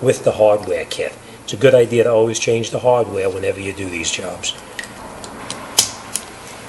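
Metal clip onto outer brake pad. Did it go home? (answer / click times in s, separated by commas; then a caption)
yes / 5.8 s, 6.2 s. A new metal clip from the hardware kit is fitted onto the backing plate of the outer front brake pad on a 2008 Toyota Highlander. Someone talks, then two sharp metallic snaps sound at 5.8 s and 6.2 s. The clip is seated on the pad.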